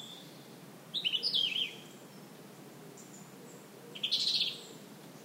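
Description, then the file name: European robin singing two high, warbled phrases with tumbling whistled notes, separated by about two seconds of quiet. "Erithacus rubecula"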